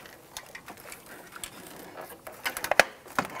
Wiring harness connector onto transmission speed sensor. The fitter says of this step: that up push it on you'll hear it and feel snap into place go